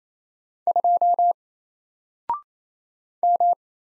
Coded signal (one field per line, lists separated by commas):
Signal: Morse code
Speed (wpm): 27 wpm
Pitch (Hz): 700 Hz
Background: none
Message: 2 M